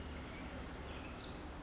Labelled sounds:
Pacific Wren
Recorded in Sonoma County, California

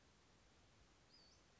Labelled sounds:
Western Flycatcher
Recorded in Sonoma County, California

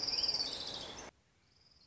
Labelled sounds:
Orange-crowned Warbler
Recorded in Sonoma County, California

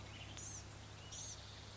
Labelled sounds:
Blue-gray Gnatcatcher
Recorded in Sonoma County, California

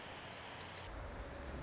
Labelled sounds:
Pacific Wren
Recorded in Sonoma County, California

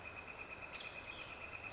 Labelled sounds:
Northern Flicker
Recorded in Sonoma County, California

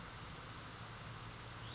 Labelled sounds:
Western Flycatcher
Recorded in Sonoma County, California

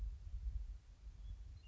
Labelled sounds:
Western Meadowlark
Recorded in Sonoma County, California

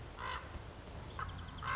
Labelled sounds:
Common Raven
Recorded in Sonoma County, California

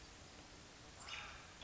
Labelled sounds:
American Robin
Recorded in Sonoma County, California

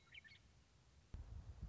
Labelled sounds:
Western Meadowlark
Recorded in Sonoma County, California

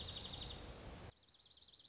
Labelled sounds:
Dark-eyed Junco
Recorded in Sonoma County, California

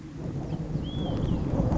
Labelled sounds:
Olive-sided Flycatcher
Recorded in Sonoma County, California

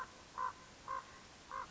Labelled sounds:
Common Raven
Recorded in Sonoma County, California

